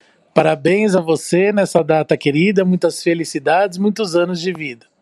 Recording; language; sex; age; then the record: short text; Brazilian Portuguese; male; 30 to 39 years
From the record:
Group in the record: control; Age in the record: 38 years